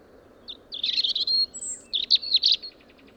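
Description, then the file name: European robin singing a varied, high warbling phrase of thin trills and slurred notes, two bursts separated by a short pause, over faint low background hiss. "Erithacus rubecula"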